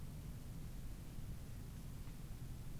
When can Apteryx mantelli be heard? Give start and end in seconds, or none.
none